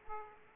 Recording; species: mosquito wingbeat signal from an infrared sensor; Aedes aegypti